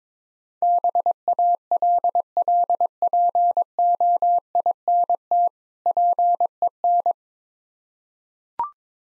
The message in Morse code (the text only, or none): BALLPOINT PEN